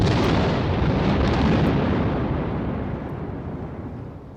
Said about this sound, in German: Aber da nun ein majestätisches Gewitter heraufkommt, das ordentlich zu gut und zu erhaben scheint für die Werkeltagsstadt, so fliegt der göttliche Gedanke in mir auf, allemal, während der Donner auf seiner Heerpauke fürchterlich wirbelt